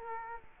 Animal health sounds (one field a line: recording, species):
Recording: mosquito wingbeat signal from an infrared sensor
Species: Culex quinquefasciatus